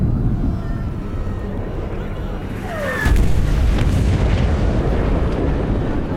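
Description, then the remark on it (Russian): Heavy rumbling of artillery fire, then a falling shell whistles downward in pitch before a loud, booming blast that leaves a sustained, roaring din. No voices are heard. “Падают и взрываются снаряды.”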